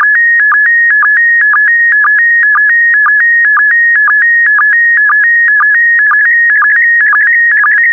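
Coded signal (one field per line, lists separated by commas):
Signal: SSTV (slow-scan television)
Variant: PD120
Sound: steady warbling tone near 1.9 kHz with regular short low chirps, repeating rhythmically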